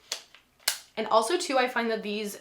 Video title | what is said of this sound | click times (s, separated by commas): Shark Flexstyle Blowout Routine + Review! | and it's just really easy little click in so you just take it | 0.7 s